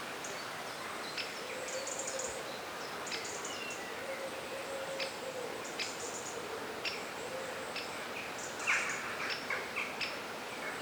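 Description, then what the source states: Birds chirping in scattered high twitters and short sharp notes, with a faint low hum and steady hiss beneath. Birdsong in a forest.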